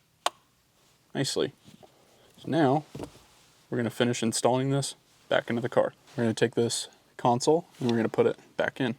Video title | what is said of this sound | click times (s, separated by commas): Billet Shifter Trim Subaru WRX (2015-2021) Install Guide | It should just snap in | 0.3 s